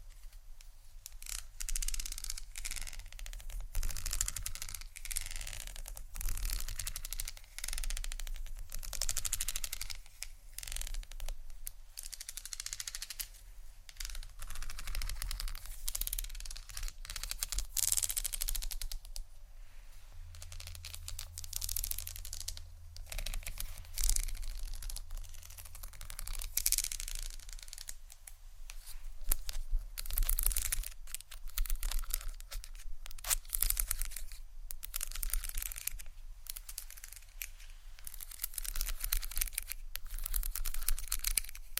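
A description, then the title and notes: Hair being brushed and combed in quick, dense strokes, each a crisp bristly swish that repeats irregularly throughout. The strokes are bright and scratchy with little low sound, though a faint low hum runs underneath, briefly stronger around the twenty-second mark. ASMR Hair Brush & Comb Sounds （No Talking）.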